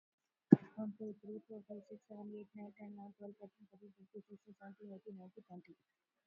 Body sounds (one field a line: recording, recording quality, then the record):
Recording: counting at a fast pace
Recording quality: excellent, no background noise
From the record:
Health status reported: COVID-19 positive, moderate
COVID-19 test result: positive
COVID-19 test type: RT-PCR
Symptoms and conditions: cough, fever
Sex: female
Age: 45 years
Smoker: no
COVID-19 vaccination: one dose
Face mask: worn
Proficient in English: yes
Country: India